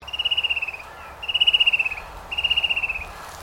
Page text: Bird Fan Tailed Cuckoo Call. Birds in Queensland